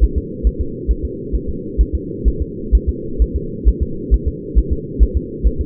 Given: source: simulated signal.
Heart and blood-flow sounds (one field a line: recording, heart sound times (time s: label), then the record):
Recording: fetal heart sounds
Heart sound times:
0.04 s: S1
0.18 s: S2
0.47 s: S1
0.61 s: S2
0.91 s: S1
1.05 s: S2
1.35 s: S1
1.49 s: S2
1.81 s: S1
1.95 s: S2
2.28 s: S1
2.42 s: S2
2.75 s: S1
2.89 s: S2
3.22 s: S1
3.36 s: S2
3.69 s: S1
3.83 s: S2
4.14 s: S1
4.28 s: S2
4.59 s: S1
4.73 s: S2
5.03 s: S1
5.17 s: S2
5.47 s: S1
5.61 s: S2
From the record:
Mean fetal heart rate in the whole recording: 135 bpm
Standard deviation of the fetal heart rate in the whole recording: 3 bpm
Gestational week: 34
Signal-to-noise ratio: -4.3 dB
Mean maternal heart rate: 72 bpm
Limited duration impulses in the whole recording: absent